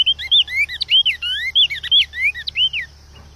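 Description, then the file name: Cinnamon Tanager song, a rapid, lively run of arched, slurred whistled notes, rising and falling, delivered without pause for about three seconds. "Canto do bico de veludo"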